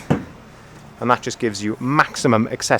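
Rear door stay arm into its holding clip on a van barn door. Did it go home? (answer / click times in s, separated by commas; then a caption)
yes / 0.1 s. On a Ford Transit Custom Limited Automatic van, the second rear barn door is swung out to 180 degrees, and its yellow stay arm clips into its holding clip against the door with a sharp hit at 0.1 s. Someone then talks, and the door stays held open in place.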